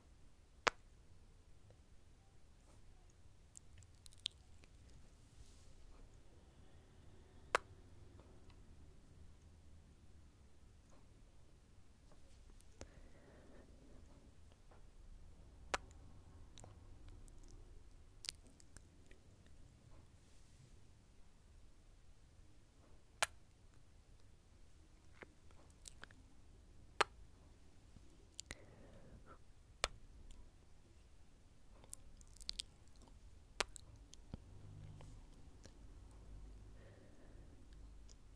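Quiet mouth sounds against a soft low rumble: sharp wet clicks and smacks pop out every few seconds, with clusters near the middle and end. Between them, faint murmuring and moist nibbling textures continue at very low level.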